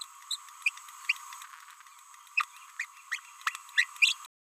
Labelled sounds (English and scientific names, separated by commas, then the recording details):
Green-rumped Parrotlet (Forpus passerinus) babbling
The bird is a male
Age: 30 days
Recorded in a nest box in Venezuela
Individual 17B31A1